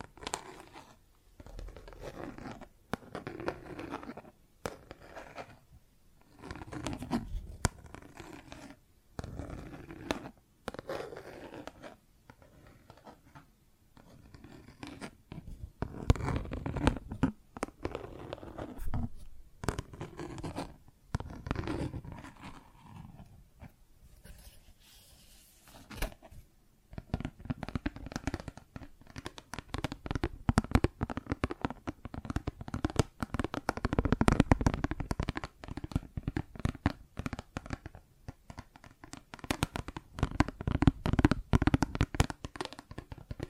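Plastic objects are tapped and scratched in an irregular run of short clicks, rubs and scrapes. The handling is busy but uneven, thinning to soft rustling around the middle before growing denser and louder for the last fifteen seconds.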